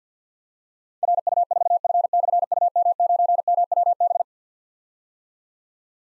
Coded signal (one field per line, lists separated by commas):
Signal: Morse code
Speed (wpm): 51 wpm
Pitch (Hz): 700 Hz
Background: none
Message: RU4F/UM9MWB